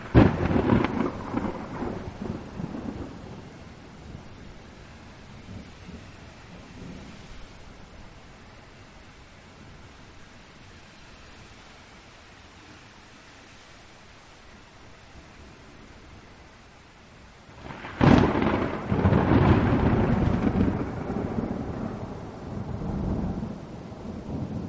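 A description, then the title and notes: Thunder rumbles low and heavy over a steady hiss of rain. A long roll opens the clip and fades over the first several seconds, leaving quieter rain with faint grumbles, until a sudden loud crack at about 18 seconds starts another rumble that slowly dies away. Filled with relaxing thunder and rain sounds.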